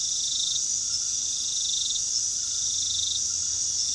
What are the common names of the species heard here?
none